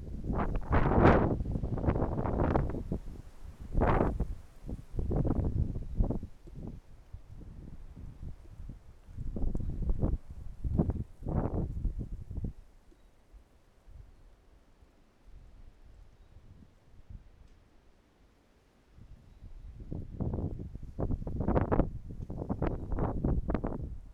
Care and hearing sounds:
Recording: everyday scene through a hearing-aid microphone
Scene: wind on the microphone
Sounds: wind, traffic, birds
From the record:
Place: suburban garden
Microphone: behind the ear, right, front

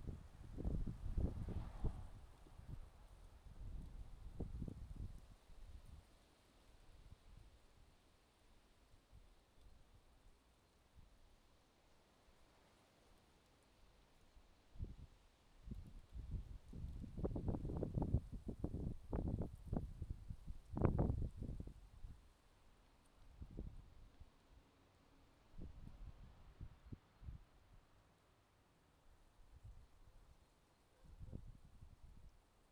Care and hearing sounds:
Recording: everyday scene through a hearing-aid microphone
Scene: wind on the microphone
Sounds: wind, traffic, birds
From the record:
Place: suburban garden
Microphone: in the ear canal, left

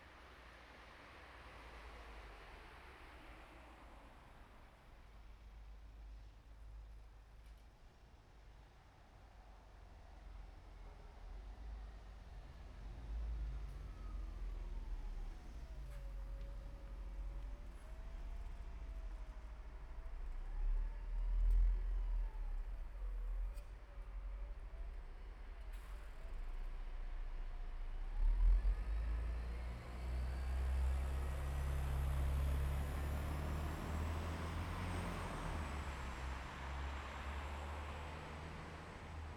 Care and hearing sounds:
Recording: everyday scene through a hearing-aid microphone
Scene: in traffic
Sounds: traffic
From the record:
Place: bus stop on a city main road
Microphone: behind the ear, right, rear

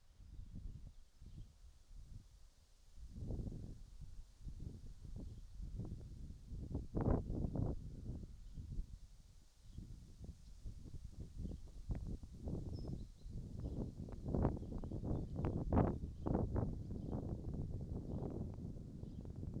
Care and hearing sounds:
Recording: everyday scene through a hearing-aid microphone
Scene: wind on the microphone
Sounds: wind, birds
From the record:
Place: in front of a rural house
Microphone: in the ear canal, right

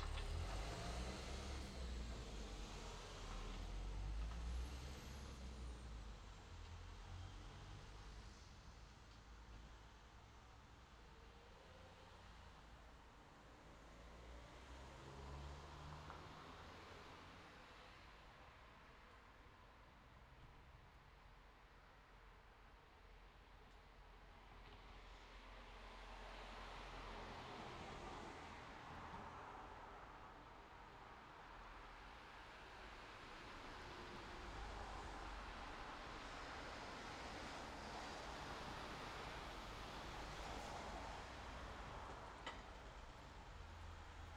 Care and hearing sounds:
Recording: everyday scene through a hearing-aid microphone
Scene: in traffic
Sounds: traffic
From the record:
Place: city secondary road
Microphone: in the ear canal, left

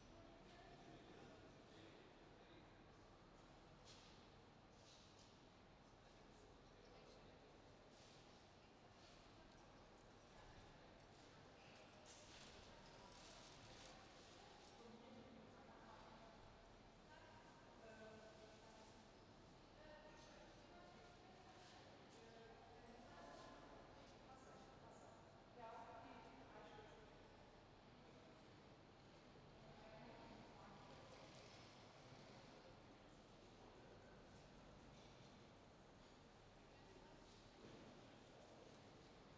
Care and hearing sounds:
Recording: everyday scene through a hearing-aid microphone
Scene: reverberant space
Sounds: background noise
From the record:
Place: railway station hall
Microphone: in the ear canal, left

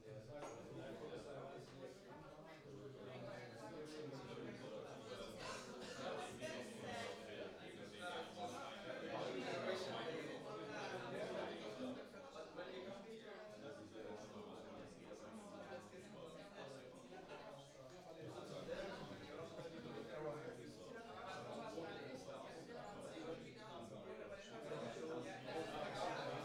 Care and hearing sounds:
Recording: everyday scene through a hearing-aid microphone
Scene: many people talking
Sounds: many voices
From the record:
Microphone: in the ear canal, right

